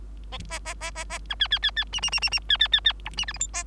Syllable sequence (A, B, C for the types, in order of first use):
A A A A A B C C C C D D D D D C C C C E D F G H A